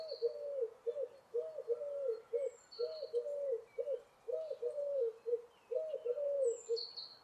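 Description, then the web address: Bird cooing in a series of low, purring phrases, with faint high, thin notes from other birds in the background. "Deverinetal 2025. Bird Only"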